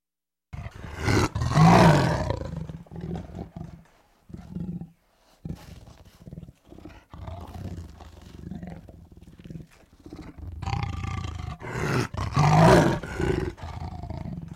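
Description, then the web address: Tiger giving two powerful, drawn-out roars, one near the start and one near the end, with quieter rumbling growls between them. "big cats|tigers"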